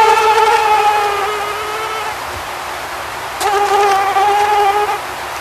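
Mosquito flight whine, a high nasal drone that slowly fades, pauses briefly, then surges back loud and steady before trailing off.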